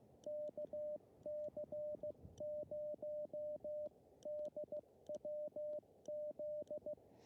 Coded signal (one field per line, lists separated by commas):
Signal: Morse code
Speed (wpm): 16 wpm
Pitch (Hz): 600 Hz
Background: radio noise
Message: KC0DWZ